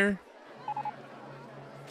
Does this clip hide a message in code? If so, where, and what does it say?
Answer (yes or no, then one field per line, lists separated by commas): no